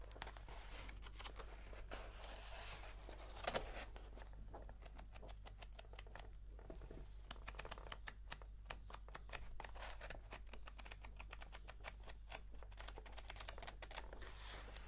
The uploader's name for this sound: Page Turning, Typing and Book Stamping